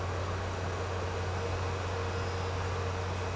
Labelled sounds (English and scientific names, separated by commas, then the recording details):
none
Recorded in secondary vegetation near Puerto Asís, Putumayo, Colombia, on 19 March 2025 at 10:30
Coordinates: 0.468, -76.324
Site G059